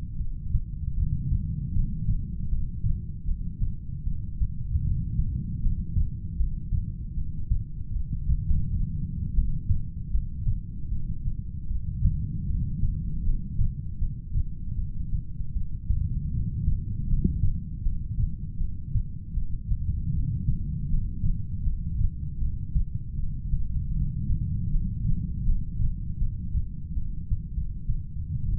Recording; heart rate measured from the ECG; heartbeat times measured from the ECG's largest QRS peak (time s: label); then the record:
heart sounds by stethoscope; 78 bpm
0.19 s: heartbeat
0.96 s: heartbeat
1.75 s: heartbeat
2.50 s: heartbeat
3.27 s: heartbeat
4.05 s: heartbeat
4.84 s: heartbeat
5.62 s: heartbeat
6.38 s: heartbeat
7.16 s: heartbeat
7.94 s: heartbeat
8.45 s: heartbeat
9.36 s: heartbeat
10.13 s: heartbeat
10.91 s: heartbeat
11.69 s: heartbeat
12.48 s: heartbeat
13.25 s: heartbeat
14.00 s: heartbeat
14.77 s: heartbeat
15.54 s: heartbeat
16.33 s: heartbeat
17.10 s: heartbeat
17.84 s: heartbeat
18.60 s: heartbeat
19.36 s: heartbeat
20.13 s: heartbeat
20.90 s: heartbeat
21.65 s: heartbeat
22.41 s: heartbeat
23.17 s: heartbeat
23.94 s: heartbeat
24.71 s: heartbeat
25.46 s: heartbeat
26.20 s: heartbeat
26.96 s: heartbeat
27.55 s: heartbeat
28.47 s: heartbeat
From the record:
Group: heart failure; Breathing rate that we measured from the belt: 15 breaths a minute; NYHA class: 1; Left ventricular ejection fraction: 39%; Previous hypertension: present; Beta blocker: carvedilol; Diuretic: furosemide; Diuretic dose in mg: 20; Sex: male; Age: 60 years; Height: 178 cm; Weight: 62 kg